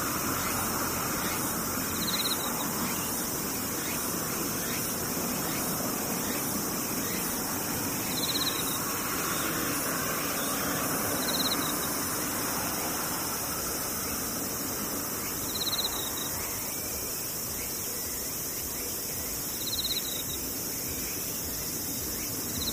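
Insects buzz in a steady, dense chorus, a thin high whine that never lets up. A brighter chirp rises out of it every few seconds, about five times in all. Beneath it runs a constant low rushing hiss.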